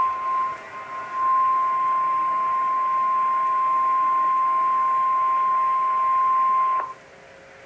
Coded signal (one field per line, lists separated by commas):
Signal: Emergency Alert System (SAME) tones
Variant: 1050 Hz attention tone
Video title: Severe Thunderstorm Warning (EAS#22)